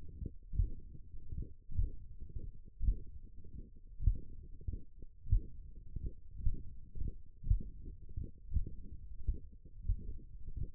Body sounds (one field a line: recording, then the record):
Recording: forearm muscle sounds (acoustic myography)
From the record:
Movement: tripod grip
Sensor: system 1, eight BSWA MPA416 microphones around the upper forearm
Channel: 3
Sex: male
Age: 21 years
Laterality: right